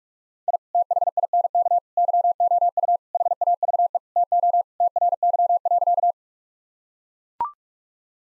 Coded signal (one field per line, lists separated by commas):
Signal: Morse code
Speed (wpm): 41 wpm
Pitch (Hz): 700 Hz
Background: none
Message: I THINK YOU HAVE TO TRY.